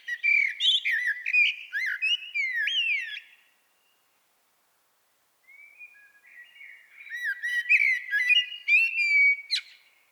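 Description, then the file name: Common blackbird song: two warbling phrases of mellow whistles mixed with thin high twittering, separated by a few seconds of silence. "Turdus merula"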